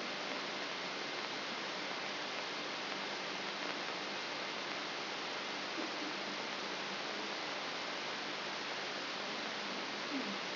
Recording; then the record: brain microelectrode recording played as sound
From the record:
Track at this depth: outside the subthalamic nucleus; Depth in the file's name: 6.501 mm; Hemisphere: left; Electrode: 3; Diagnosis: Parkinson's disease